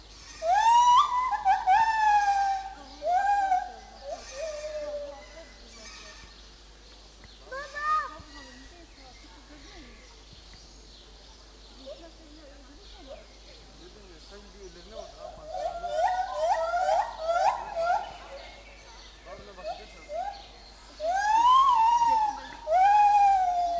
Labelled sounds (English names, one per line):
Lar Gibbon